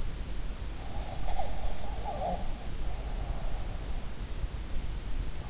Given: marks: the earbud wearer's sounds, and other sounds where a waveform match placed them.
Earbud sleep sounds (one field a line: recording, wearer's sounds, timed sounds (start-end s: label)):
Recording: sounds in sleep by an in-ear microphone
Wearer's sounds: breath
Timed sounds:
1.13-3.79 s: breath